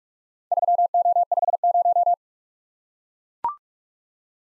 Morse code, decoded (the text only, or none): 3O50